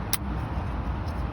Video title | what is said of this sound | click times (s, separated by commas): BMW Vanos Replacement/Cleaning | here the nice click | 0.1 s